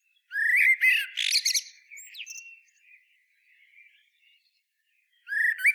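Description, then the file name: Common blackbird giving a warbled fluted phrase that breaks into a shrill twittering flourish, followed by soft trailing notes, then the start of another phrase. "Turdus merula"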